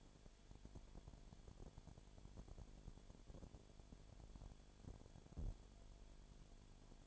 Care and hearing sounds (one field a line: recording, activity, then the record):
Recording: daily activity, microphone in the room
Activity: no activity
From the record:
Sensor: 5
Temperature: 20.0 degrees Celsius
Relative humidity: 37.1%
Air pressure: 1007.4 hPa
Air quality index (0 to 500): 84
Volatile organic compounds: 1 ppm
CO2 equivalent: 955 ppm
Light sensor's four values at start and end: 2/3/1/1 and 2/3/1/1